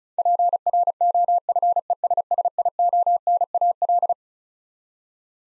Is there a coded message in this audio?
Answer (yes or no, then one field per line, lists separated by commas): yes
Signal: Morse code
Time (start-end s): 0.2-4.1 s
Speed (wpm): 36 wpm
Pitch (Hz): 700 Hz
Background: none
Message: PROFESSIONAL